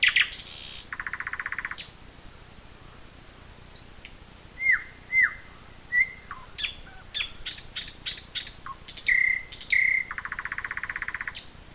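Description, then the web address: Common nightingale song: buzzy rattling trill, clear swooping whistles, a burst of sharp repeated notes, then another long dry rattle. "chants doiseaux chant du rossignol"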